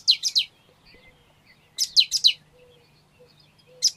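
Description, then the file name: Great tit calling in short clusters of three or four rapid, high, descending notes, two full bursts and the start of a third, with faint soft lower notes between. "Parus major"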